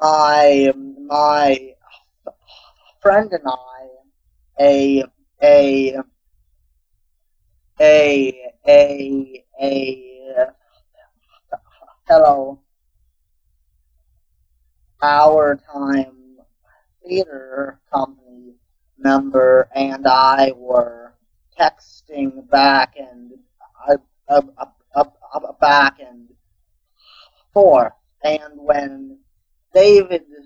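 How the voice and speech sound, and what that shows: A 16-year-old boy who stutters speaks with frequent silent blocks lasting up to three seconds, drawn-out vowel sounds, and a repeated phrase ('back and, back and forth'), with long pauses between words filling most of the time. This is stuttering, a disruption in the flow of speech.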